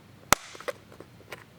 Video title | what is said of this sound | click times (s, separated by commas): 2018+ Nissan Leaf: How to install the Rokblokz Mud Flap kit with or w/out Factory Splash Guards. | until you hear it click into place that's going to hold our clip | 0.3 s